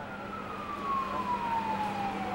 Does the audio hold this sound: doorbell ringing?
no